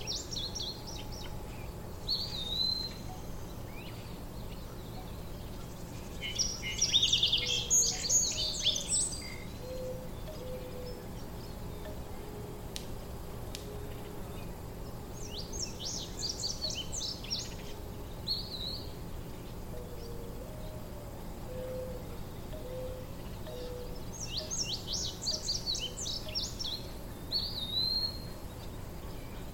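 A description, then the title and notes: Birds chirp in short bright bursts around seconds 7, 16 and 25 over a steady low hum, with faint lower calls drifting between them. Mourning doves coo in the distance.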